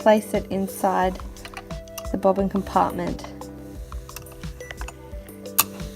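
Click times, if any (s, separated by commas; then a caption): 5.6 s. A metal bobbin case is placed facing upwards and pushed into the bobbin compartment of a sewing machine while someone talks over background music. Several light ticks and taps are followed by a loud sharp click at 5.6 s as the case locks into position, so it does not move around.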